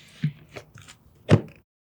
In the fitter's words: You're simply going to close the lid and slide the tank in until it clicks.